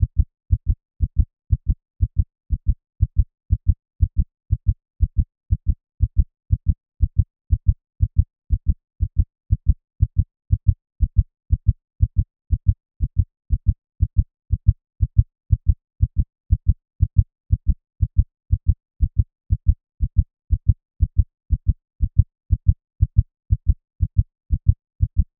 Heartbeat 120bpm.